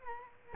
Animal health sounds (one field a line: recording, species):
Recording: mosquito wingbeat signal from an infrared sensor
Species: Culex quinquefasciatus